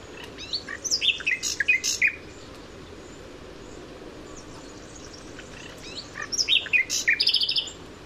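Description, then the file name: Common nightingale song: short bursts of varied sharp whistles and chirps separated by a quiet gap of several seconds. "Luscinia megarhynchos"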